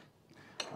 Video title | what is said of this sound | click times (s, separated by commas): Exercise Tutorial: Technogym Leg Extension Machine | I'm going to click this in here and | 0.6 s